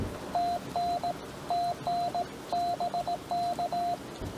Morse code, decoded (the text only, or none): TN TN BK